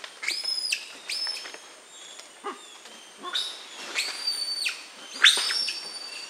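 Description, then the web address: White-nosed bearded saki calling with short, high whistled notes that start abruptly and hold level, in scattered bursts with quieter gaps between. Primate of the South American rainforest. "Natures Songs S America Primates of the Rainforest White-nosed bearded saki monkey"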